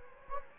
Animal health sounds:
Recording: mosquito wingbeat signal from an infrared sensor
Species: Anopheles gambiae

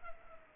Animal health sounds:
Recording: mosquito wingbeat signal from an infrared sensor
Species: Culex pipiens

